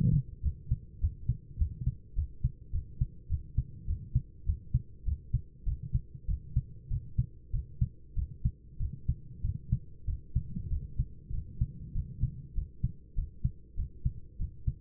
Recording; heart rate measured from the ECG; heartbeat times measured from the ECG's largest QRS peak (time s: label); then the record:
heart sounds by stethoscope; 99 bpm
0.42 s: heartbeat
1.00 s: heartbeat
1.58 s: heartbeat
2.15 s: heartbeat
2.72 s: heartbeat
3.29 s: heartbeat
3.87 s: heartbeat
4.45 s: heartbeat
5.05 s: heartbeat
5.65 s: heartbeat
6.27 s: heartbeat
6.89 s: heartbeat
7.52 s: heartbeat
8.15 s: heartbeat
8.79 s: heartbeat
9.43 s: heartbeat
10.06 s: heartbeat
10.69 s: heartbeat
11.32 s: heartbeat
11.93 s: heartbeat
12.54 s: heartbeat
13.15 s: heartbeat
13.76 s: heartbeat
14.38 s: heartbeat
From the record:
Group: healthy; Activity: rest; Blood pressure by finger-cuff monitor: 125/64 mmHg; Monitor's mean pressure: 82 mmHg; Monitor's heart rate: 98 bpm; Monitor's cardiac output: 10.2 L/min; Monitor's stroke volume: 103 mL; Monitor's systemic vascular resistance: 580 dyn s/cm5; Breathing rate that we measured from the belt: 21 breaths a minute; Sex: male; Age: 24 years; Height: 184 cm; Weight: 89 kg